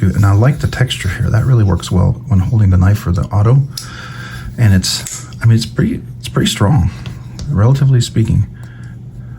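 Someone talks while handling a black DLC-coated Rick Hinderer XM-18 automatic folding knife, remarking on the grip texture and how strong it is. The spring-loaded blade has not yet fired or locked open in its handle: nothing has seated or clicked yet.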